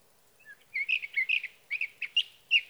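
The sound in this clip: Sage thrasher singing a continuous, varied warble of short slurred notes, bubbling steadily in quick clusters.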